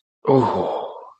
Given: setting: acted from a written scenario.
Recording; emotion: vocal sound without words; desire